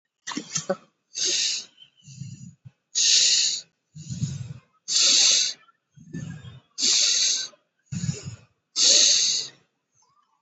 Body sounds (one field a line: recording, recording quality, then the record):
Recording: shallow breathing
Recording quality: excellent, no background noise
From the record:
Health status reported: COVID-19 positive, mild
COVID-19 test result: positive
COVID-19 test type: RT-PCR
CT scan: not taken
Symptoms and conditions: fever, fatigue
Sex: female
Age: 33 years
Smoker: no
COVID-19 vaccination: both doses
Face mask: not worn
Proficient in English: yes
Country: India